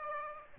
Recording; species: mosquito wingbeat signal from an infrared sensor; Aedes aegypti